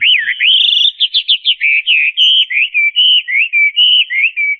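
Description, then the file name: Chinese hwamei song: loud, clear whistled notes sweeping up and down in a steady stream of varied, melodious phrases, each note sharply separated. "kicauan burung hwamei. omkicau"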